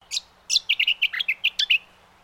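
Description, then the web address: Brown honeyeater calling: a quick run of about ten bright, clipped chirps, some sliding down, after two sharp opening notes, against a quiet background. "Sound Effects-Foundation 1 BIRD BROWN HONEY EATER CALL"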